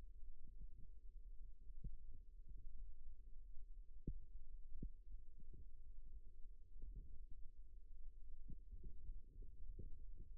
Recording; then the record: forearm muscle sounds (acoustic myography)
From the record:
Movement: rest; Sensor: system 2, bracelet of six BSWA MPA416 microphones around the upper forearm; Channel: 5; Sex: male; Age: 22 years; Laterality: right